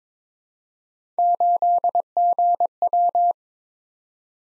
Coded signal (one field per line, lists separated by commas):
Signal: Morse code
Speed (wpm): 22 wpm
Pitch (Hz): 700 Hz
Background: none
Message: 8GW